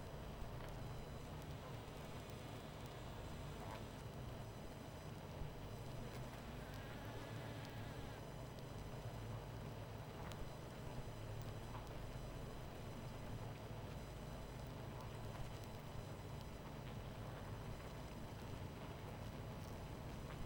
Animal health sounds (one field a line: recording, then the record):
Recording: honeybee colony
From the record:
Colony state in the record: missing queen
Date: 14 July 2017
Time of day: 22:47